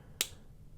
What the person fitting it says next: You can still hear it click.